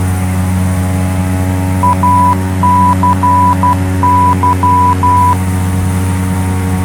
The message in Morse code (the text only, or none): ACY